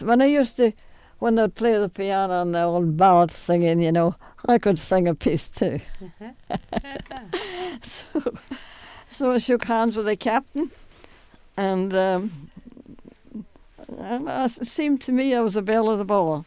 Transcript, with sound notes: And I used to, when they'd play the piano and they're all ballad singing, you know, I could sing a piece, too. ( she laughs ) So I shook hands with the captain, and, uh, and it seemed to me I was the belle of the ball.